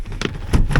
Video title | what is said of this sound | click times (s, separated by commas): Cleaned Up, Maintenanced & Ready For A New Home! 1973 Chrysler Town & Country Wagon! | and then locks into place like that. | 0.8 s